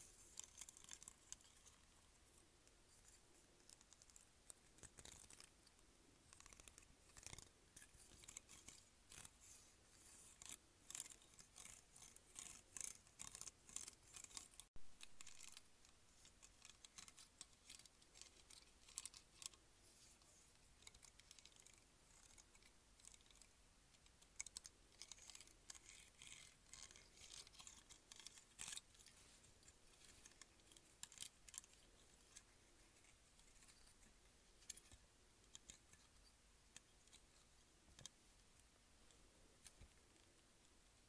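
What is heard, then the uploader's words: A claw clip is handled up close in a small, quiet room, giving off dense, irregular clicks, snaps and scratchy rubbing throughout. The sounds are bright and crisp, arriving in quick clusters with brief pauses, and a sharper snap lands near the middle. ASMR Claw Clip.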